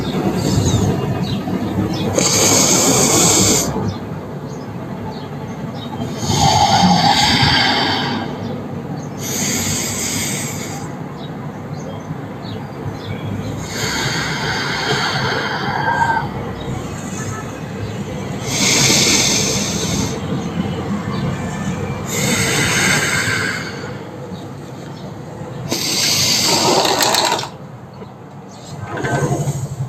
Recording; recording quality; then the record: deep breathing; excellent, no background noise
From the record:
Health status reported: healthy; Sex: male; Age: 50 years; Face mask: not worn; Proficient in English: yes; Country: India